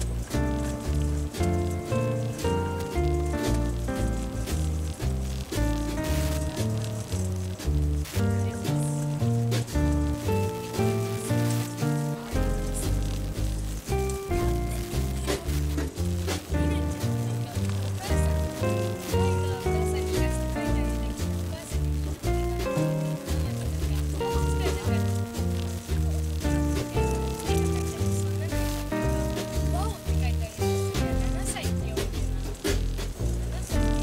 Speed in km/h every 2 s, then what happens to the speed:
33, 35, 35, 35, 36, 36, 37, 38, 37, 38, 37, 33, 31, 29, 29, 28, 27.
0-19 steady at about 36. 19-25 slows to 29. 25-34 steady at about 28.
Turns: none.